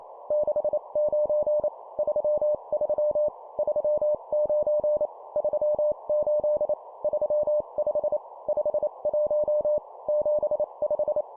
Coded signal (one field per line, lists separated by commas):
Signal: Morse code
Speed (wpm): 28 wpm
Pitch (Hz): 600 Hz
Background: none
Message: 69 33 39 38 35 51 75